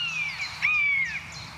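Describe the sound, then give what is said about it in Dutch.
A common buzzard gives its mewing call: one drawn-out, high, plaintive whistle that starts, breaks briefly, then slides downward, heard clearly on its own over a faint low hum. “Is de echte buizerd nog even?”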